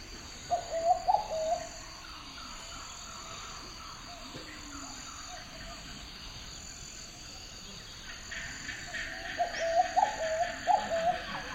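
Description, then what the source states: Bird calls in two short bursts of soft, warbling mid-pitched notes, one at the start and one near the end, with a quiet hiss between them. Bird fluttering in a forest.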